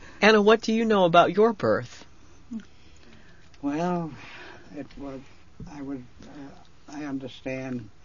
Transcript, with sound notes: Anna, what do you know about your birth?
( she sighs ) Well, it was, I understand